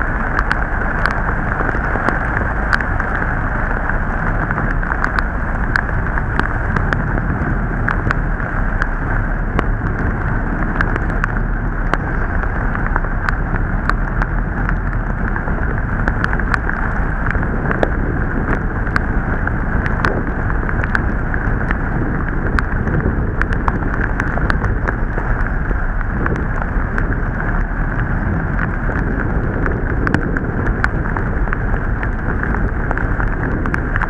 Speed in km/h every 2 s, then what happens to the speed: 8, 9, 9, 9, 10, 10, 11, 12, 10, 9, 10, 10, 12, 13, 13, 15, 14.
0-34 steady at about 10.